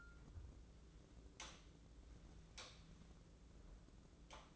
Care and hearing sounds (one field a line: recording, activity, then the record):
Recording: daily activity, microphone in the room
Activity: light off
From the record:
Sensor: 3